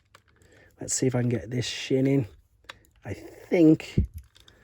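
A Transformers Generation One Black Shadow inner robot figure, a 1989 Japanese Victory exclusive, is handled as its shin is worked into the plastic pretender outer shell while someone talks. Faint handling taps come around 0.2–0.4 s and again near 4.2–4.5 s. Nothing has seated or clicked into place yet.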